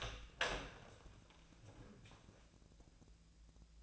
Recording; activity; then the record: daily activity, microphone in the room; open door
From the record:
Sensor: 2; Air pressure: 1000.3 hPa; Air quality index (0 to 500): 161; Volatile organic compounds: 3 ppm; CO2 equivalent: 1344 ppm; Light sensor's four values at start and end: 10/24/10/11 and 10/24/10/11